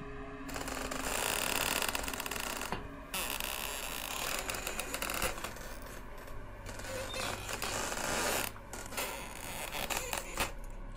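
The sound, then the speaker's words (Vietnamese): Eerie, sustained creaking with a harsh, rasping mechanical texture and a low hum beneath, broken by a couple of brief pauses before grinding on, coming from a locked cabinet drawer in a wall. No one speaks. “Ngay khi đưa tay muốn đẩy nắp quan tài, đột nhiên ở đằng sau của Lô Tiểu Bắc vang lên những tiếng kêu kẽo kẹt đến rợn cả người.”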